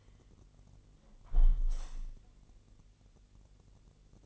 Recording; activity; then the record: daily activity, microphone in the room; close window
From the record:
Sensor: 4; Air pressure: 1001.1 hPa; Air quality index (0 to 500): 246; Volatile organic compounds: 43 ppm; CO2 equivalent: 3203 ppm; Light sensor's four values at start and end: 9/20/8/7 and 9/19/8/7